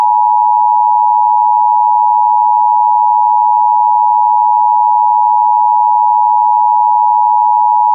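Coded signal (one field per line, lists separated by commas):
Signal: Emergency Alert System (SAME) tones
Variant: 853 and 960 Hz attention tone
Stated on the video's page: Mock EAS alert, a recreation.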